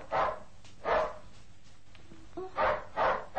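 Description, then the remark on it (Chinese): A dog named Ricky barks four times, loud and sharp, as if barking at a person no one can see: two separate barks, a short lull with a faint whimpering note, then two more barks in quick succession. No one speaks. “哎 ，Ricky， 你吠乜嘢啊？哦，佢好似吠一个人咁喎，但系见唔到有人嘅。”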